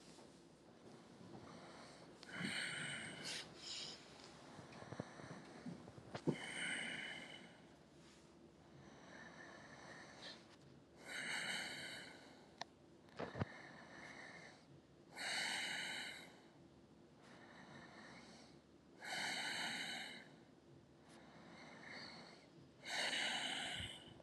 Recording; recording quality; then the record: deep breathing; excellent, no background noise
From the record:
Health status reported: healthy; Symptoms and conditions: breathing difficulty, diabetes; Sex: male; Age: 52 years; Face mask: not worn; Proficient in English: yes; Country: India